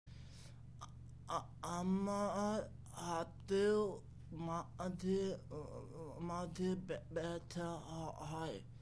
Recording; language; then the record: elicited speech; Bengali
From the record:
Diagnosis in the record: Broca's or global aphasia after a stroke